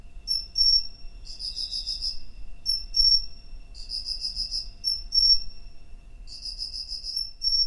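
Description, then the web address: Cricket song: pulsed high chirping bursts are interspersed with brief pure tones, alternating in an irregular back-and-forth rhythm with little other sound. "Hoerbeispiele Grillen"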